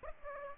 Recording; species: mosquito wingbeat signal from an infrared sensor; Aedes aegypti